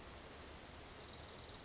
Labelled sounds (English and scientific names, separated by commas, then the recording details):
Orange-crowned Warbler (Leiothlypis celata)
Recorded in Sonoma County, California